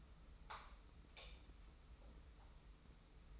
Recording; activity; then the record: daily activity, microphone in the room; light on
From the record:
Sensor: 1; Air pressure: 990.9 hPa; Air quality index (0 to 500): 109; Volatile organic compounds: 103 ppm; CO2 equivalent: 3775 ppm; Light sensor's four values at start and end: 23/52/22/24 and 25/62/26/27